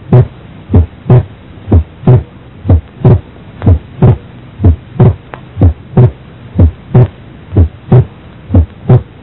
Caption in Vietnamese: Ở người bình thường khi hít sâu, ta có thể nghe T2 tách đôi sinh lý ở ổ nghe van động mạch phổi.